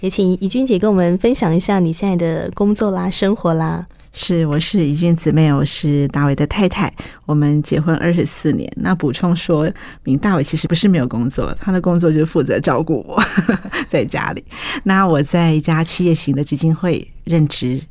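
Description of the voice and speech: An adult woman, a wife married for 24 years, speaks Mandarin in a clear, steady voice at a moderate pitch. Her phrasing is fluent and evenly paced, with brief natural pauses and no hoarseness, strain or slurring. This is ordinary, healthy conversational speech.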